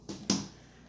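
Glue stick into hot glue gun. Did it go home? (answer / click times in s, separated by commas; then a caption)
yes / 0.3 s. A new plastic glue stick is pushed into the feed of a hot glue gun. A softer contact sound comes at 0.1 s. A sharp click follows at 0.3 s as the stick seats and is held without releasing or falling off.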